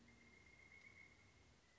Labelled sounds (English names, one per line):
Pileated Woodpecker